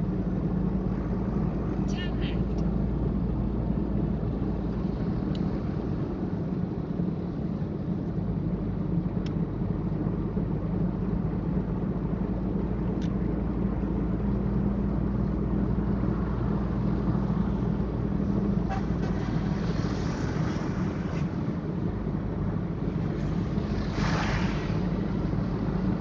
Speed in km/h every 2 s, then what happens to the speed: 50, 49, 45, 44, 46, 48, 50, 50, 49, 46, 44, 46, 46.
0-5 slows to 44. 12-26 steady at about 46.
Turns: none.